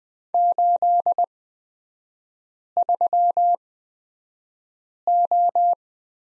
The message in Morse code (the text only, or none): 83O